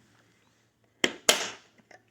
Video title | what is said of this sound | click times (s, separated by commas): Headlight installation on 955 Porsche Cayenne. (03-06) | snaps into place | 1.0 s, 1.3 s